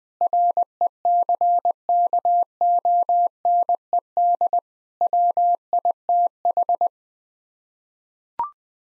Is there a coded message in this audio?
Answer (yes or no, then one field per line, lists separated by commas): yes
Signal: Morse code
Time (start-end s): 0.2-6.9 s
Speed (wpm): 20 wpm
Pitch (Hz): 700 Hz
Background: none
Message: RECKONED WITH